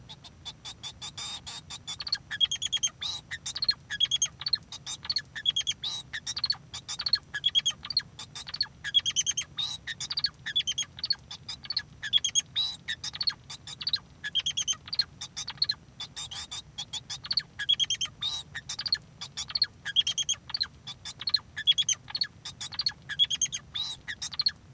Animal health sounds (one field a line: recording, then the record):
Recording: song of a male Bengalese finch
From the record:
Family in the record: son of father 2